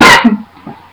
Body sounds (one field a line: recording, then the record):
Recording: coughing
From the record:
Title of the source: Barking cough - # 10